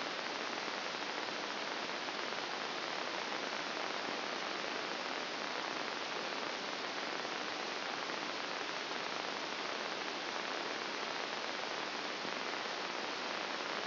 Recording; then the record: brain microelectrode recording played as sound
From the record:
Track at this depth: outside the subthalamic nucleus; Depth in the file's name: 2.972 mm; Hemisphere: left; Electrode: 2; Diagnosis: Parkinson's disease